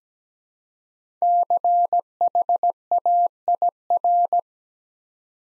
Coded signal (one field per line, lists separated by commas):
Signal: Morse code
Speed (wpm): 17 wpm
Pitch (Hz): 700 Hz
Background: none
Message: CHAIR